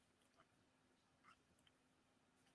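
The lid of a Magic Chef CMCSTCW30W4 top-load washer is handled over its lid lock safety switch, with faint light taps and rustles near 0.4, 1.3 and 1.7 seconds over a steady low hum. The lid has not yet closed onto the switch, and nothing has clicked or seated.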